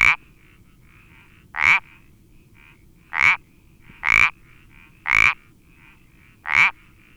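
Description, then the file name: Iberian parsley frog repeating short, harsh croaking notes, six in all, with quieter notes in the background. "Sapillo Moteado Iberico Pelodytes Ibericus"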